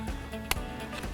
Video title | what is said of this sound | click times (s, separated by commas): ANZO Tail Lights Install: 2012 Ford Powerstroke | push it until it clicks okay now you can see | 0.5 s